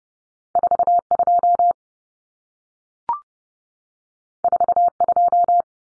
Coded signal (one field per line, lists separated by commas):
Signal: Morse code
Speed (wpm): 30 wpm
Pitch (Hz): 700 Hz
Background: none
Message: 42 42